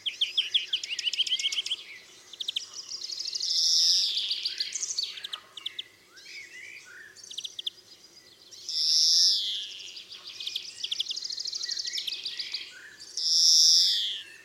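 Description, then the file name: European greenfinch giving fast twittering trill runs broken by three drawn-out buzzy wheezes; quiet hiss underneath. "Chloris chloris"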